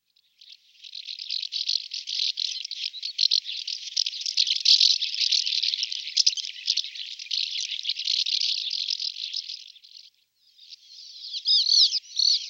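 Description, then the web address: Sand martin giving a dense, dry, rasping twitter that runs almost unbroken for about nine seconds, then a brief pause before a few sharper chirps. "Digesvale"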